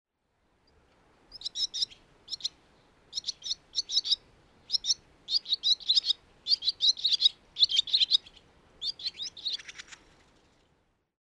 Barn Swallow song recorded at the Cub Lake Trailhead area in Rocky Mountain National Park.